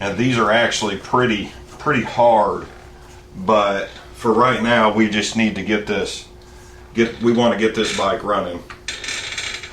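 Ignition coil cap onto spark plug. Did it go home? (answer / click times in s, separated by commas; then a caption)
yes / 8.9 s. On an Aprilia Mille R, the coil cap on the ignition wire is pushed onto the spark plug while someone talks. The cap snaps into place at 8.9 s with a short, sharp click, seating it onto the plug.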